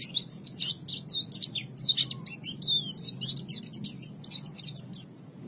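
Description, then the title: White-eye song: a continuous, rapid stream of high, thin chirps and twittering notes with quick rising and falling slurs, faint low hum beneath. "Kicauan Burung Pleci"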